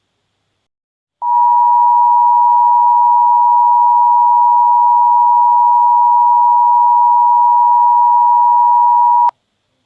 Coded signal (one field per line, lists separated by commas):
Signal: Emergency Alert System (SAME) tones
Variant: 853 and 960 Hz attention tone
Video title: EF6 - EAS Scenario (Part 1)